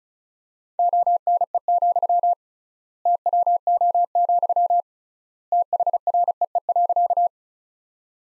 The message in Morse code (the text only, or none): ONE, TWO, THREE.